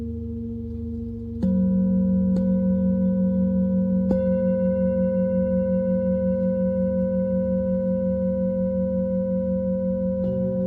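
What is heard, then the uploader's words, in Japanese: A Tibetan singing bowl hums with a low, steady ringing tone over a deep rumbling bed. Around the one-and-a-half-second mark it is struck, swelling louder with clear overtones and a gentle pulsing waver, then softer taps follow near two, four and ten seconds. チベタンシンギングボウルサウンドヒーリング。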